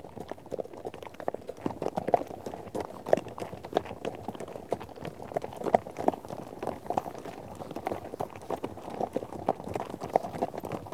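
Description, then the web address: Horse hoofbeats, a steady, dense clatter of many hooves striking the ground in overlapping, uneven rhythms. Herd of horses out on trek. "BBC Sound Effects Library - Horses Herd of horses out on trek"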